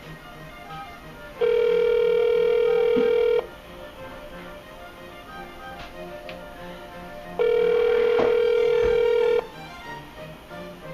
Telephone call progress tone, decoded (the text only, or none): ringback tone